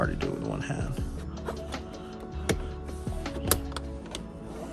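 A tail light wiring connector, most likely for the LED tail light though possibly a trim clip, is lined up one-handed against the vehicle harness during a tail light install on a 2016 Silverado High Country/LTZ, with music playing as someone talks. A few short sharp taps and handling noises are heard, but nothing has seated or clicked yet.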